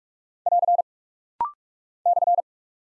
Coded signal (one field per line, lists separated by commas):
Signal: Morse code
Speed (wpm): 46 wpm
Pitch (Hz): 700 Hz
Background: none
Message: <AR> /